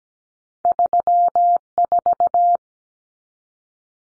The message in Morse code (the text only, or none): 34